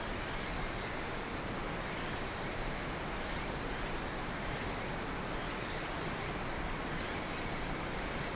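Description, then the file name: Insect chirps: bright, high pulsed bursts of five to seven beats, repeated at a steady pace about every two seconds over low background noise. "singing of insect"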